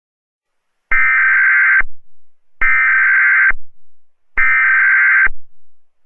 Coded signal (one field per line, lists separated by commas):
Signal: Emergency Alert System (SAME) tones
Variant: header bursts